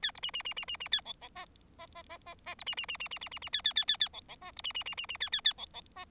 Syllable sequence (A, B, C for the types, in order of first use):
A B C C C C C C A D D E E E E E E B C C C C C C C C A A A A A D D E B C C C C C A A A D D E